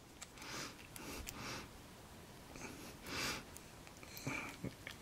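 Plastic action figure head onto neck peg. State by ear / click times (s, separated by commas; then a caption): not seated / none. A swap plastic head is pushed onto the neck peg of a 6 inch WWE Elite Collection Legends Series 15 action figure from 2022, with soft breathy, sniff-like rustles and a few faint sharp ticks throughout. The head does not snap into place and nothing has clicked; the sculpted hair gets in the way.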